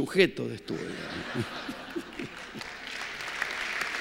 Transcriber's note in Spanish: risas generales